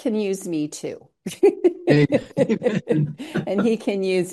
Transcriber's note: laughs